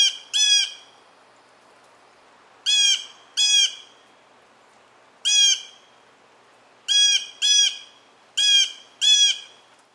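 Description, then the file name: Blue jay calls: harsh, nasal jeer notes, mostly given in quick pairs, nine in all across ten seconds, with a faint hiss between them. "blue jay example 1 by russ wigh"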